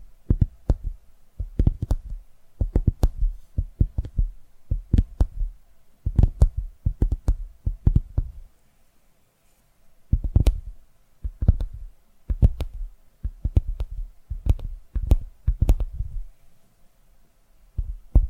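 ASMR tapping in quick clusters of soft, thumpy knocks with a bright tick on top, falling into an uneven rhythm of bursts. The taps pause briefly near the middle, around nine to ten seconds, then resume at the same pace. A faint steady hum sits underneath.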